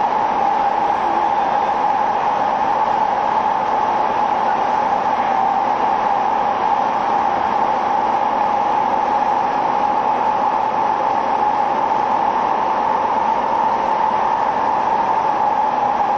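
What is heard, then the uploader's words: A train running steadily along the track, its rolling roar unbroken for the whole stretch. A strong steady whine sits in the middle pitch above a rumbling low end, with faint rhythmic clatter underneath and no clear changes in speed or loudness. 相鉄12000系 相鉄・埼京線特急・普通 01/01:海老名～新宿. 相鉄・埼京線直通＂特急・普通＂の列車走行音. Train running sound.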